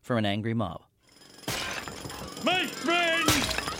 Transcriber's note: soundbite of drilling, things falling